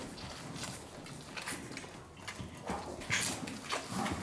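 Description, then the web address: Cattle: calves suckling: soft, rapid, irregular sucking and slurping noises, louder toward the end. "The BBC Sound Effects Library. Calves Suckling"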